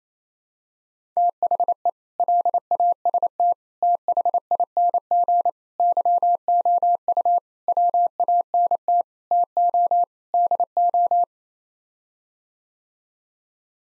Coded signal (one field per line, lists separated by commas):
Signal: Morse code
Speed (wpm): 28 wpm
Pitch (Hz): 700 Hz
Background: none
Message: THE LAST THING YOU WANT TO DO